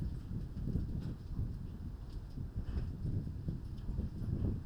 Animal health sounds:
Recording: poultry house recording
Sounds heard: no chicken sound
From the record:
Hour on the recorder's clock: 21

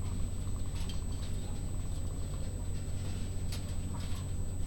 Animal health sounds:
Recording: poultry house recording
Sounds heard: sick chickens (respiratory disease)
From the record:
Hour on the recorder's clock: 20

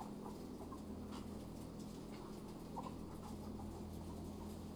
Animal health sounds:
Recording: poultry house recording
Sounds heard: sick chickens (respiratory disease)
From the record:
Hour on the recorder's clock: 21

